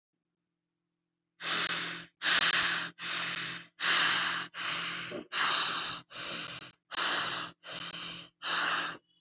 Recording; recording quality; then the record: shallow breathing; excellent, no background noise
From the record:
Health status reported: healthy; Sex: male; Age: 18 years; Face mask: not worn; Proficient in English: yes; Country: India